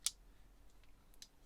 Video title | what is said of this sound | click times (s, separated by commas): Hoo Knives V1 - TearDown - + new little tool I managed to snag ! | or bars and usually there is a little click like so | 0.1 s